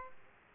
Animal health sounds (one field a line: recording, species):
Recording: mosquito wingbeat signal from an infrared sensor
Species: Aedes aegypti